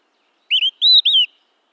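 Olive-sided flycatcher song: three slurred whistled phrases, a short double first note, then a higher, longer middle whistle and a falling final note.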